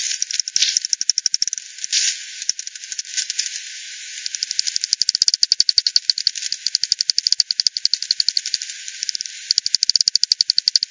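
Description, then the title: Bats echolocating: fast, even ticking pulses running almost nonstop, briefly softer around four seconds, then steady crisp clicking to the end. Multiple bats at the Hogsmill River, Hogsmill Lane, 7 October 2020 at 18:10 UTC; recorded with frequency division by ten, band-pass filtered and resampled. "WW bat 20201007 T 18 : 10 Z-Hogsmill-Lane-Hogsmill-River-multiple-bats"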